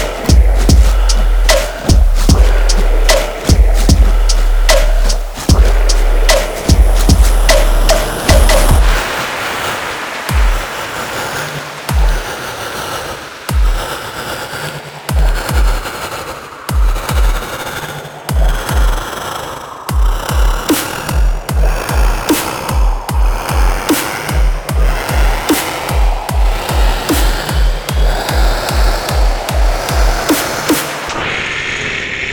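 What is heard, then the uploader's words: Blowing comes in sequences of short, sharp puffs alongside longer, sustained blows. For the first nine seconds a heavy low rumble sits under the bursts; after that a steady hiss carries quick, regular puffs, about two per second, until it cuts off near the end. I recorded him blowing in sequences and longer blows.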